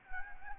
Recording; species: mosquito wingbeat signal from an infrared sensor; Anopheles gambiae